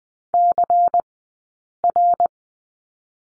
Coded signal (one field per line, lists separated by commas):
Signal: Morse code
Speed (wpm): 20 wpm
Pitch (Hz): 700 Hz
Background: none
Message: CR